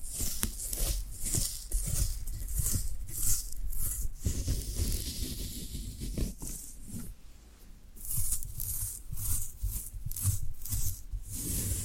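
Floral foam being handled, with a steady run of dry, crumbly crunches and scratchy rustles. The sounds come in quick, irregular bursts throughout, heavy in the low thuds and bright in the crisp upper crackle, with a brief quieter lull around eight seconds.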